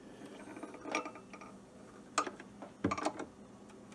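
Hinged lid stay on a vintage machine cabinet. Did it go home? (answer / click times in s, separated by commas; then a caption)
yes / 2.2 s. A heavy hinged lid on a vintage machine cabinet is opened one-handed, and its lid stay gives a ratchet-like mechanical click at 2.2 s as it locks in the open position. A softer knock comes near 0.9 s, and a quick cluster of light clicks and rattles follows around 2.9–3.2 s. The lid stays locked open.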